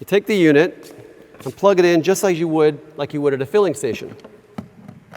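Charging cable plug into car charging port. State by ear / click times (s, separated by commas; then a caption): not seated / none. The charging plug of a Porsche Design home charging unit is being handled toward the charge port of a 2015 Porsche Panamera S eHybrid while someone talks. Two short, sharp handling knocks come near the end, but nothing has seated or clicked yet.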